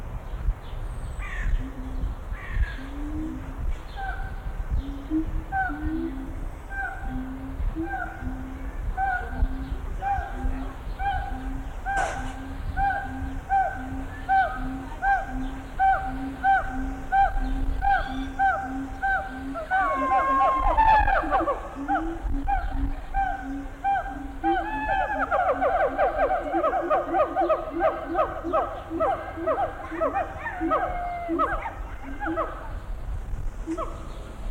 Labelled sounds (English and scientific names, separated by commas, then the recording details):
Siamang (Symphalangus syndactylus)
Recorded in captivity
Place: Münchner Tierpark Hellabrunn, Bayern, DE
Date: 1995-05-27 10:36
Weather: heiter 15-20°C, böiger Wind
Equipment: Marantz CP 430, Sennheiser ME 80, Kopie Uher 4000 Report Monitor
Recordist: Tembrock, Günter